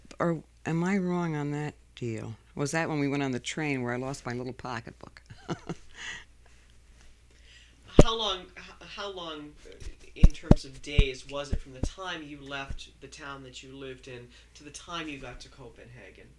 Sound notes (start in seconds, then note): 5.2 she laughs; 7.9 begins to tap on her microphone